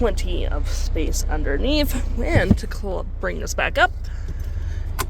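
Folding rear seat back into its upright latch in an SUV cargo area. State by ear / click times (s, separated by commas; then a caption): seated / 5.0 s. In the cargo area of a 2026 Ford Explorer Active SUV, the third-row folding seat back is raised and folded upright into place while someone talks over a steady low hum. A short, sharp click at 5.0 s marks the latch engaging, and the seat back is seated upright.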